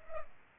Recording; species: mosquito wingbeat signal from an infrared sensor; Culex pipiens